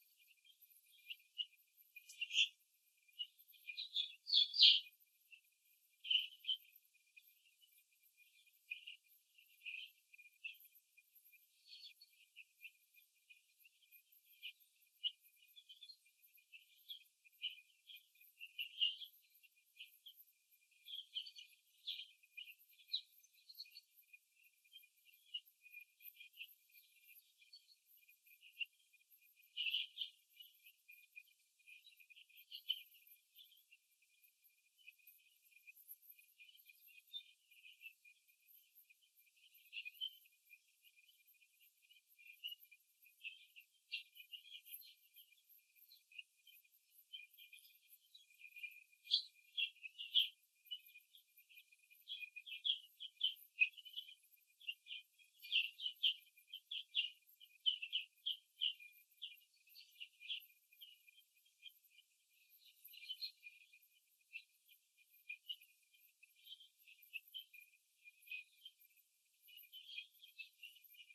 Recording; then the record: young laying hens in a cage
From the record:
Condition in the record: before the stressor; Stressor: simulated dog barking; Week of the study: 2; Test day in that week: 3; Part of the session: 3